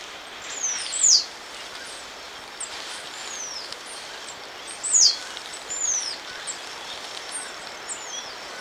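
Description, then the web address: Yellow-throated tanager calls: sharp, high, thin down-slurred notes given singly every few seconds, with fainter similar notes between, over a constant hiss. Recorded in Ecuador. "Birds of Ecuador. Yellow-throated Tanager"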